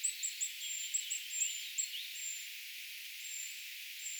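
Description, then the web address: Eurasian treecreeper calls: a quick run of thin, very high squeaks, then a few more spaced-out notes, all quiet. Brood of young calling, recorded 4 June 2025; identification given as tentative. "paivat 4 6 2025 tietaakseni puukiipijapesueen aantelya"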